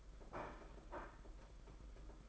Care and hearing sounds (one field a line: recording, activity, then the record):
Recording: daily activity, microphone in the room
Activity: place plate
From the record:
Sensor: 5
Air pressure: 992.0 hPa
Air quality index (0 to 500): 164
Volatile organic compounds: 375 ppm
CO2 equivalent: 4630 ppm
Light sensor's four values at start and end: 31/107/39/42 and 31/107/39/42